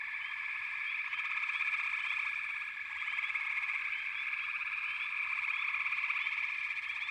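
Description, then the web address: Frog chorus, continuous overlapping trills from many frogs, with short upward chirps repeated throughout. "Nature Songs Nature Sounds The Natural Sounds of the Wilderness 10 CDs collection Echoes of Nature - Frog Chorus"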